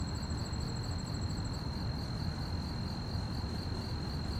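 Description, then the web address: Quick, even cricket chirping continues throughout, with a high trill in the opening moments and a steady low background rumble. Fast-chirping crickets at night on a quiet street, with distant activity and slight wind. "GDC 2017-Game Audio Bundle Articulated Sounds - Quiet Streets QUIET STREET Night fast chirp crickets, distant activities, slight wind"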